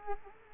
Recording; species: mosquito wingbeat signal from an infrared sensor; Culex quinquefasciatus